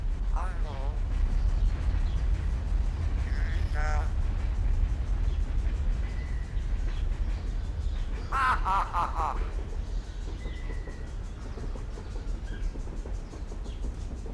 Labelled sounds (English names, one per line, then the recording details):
Common Hill Myna
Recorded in captivity
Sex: male
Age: adult
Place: Zoo Berlin, Berlin, DE
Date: 1993-08-04 18:53
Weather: heiter, 25 °C
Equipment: Marantz CP 430, Sennheiser ME 80, Kopie Uher Variocord 263
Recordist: Tembrock, Günter